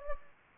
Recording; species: mosquito wingbeat signal from an infrared sensor; Anopheles gambiae